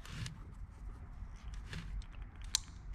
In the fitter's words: the click that means they're locked and like i said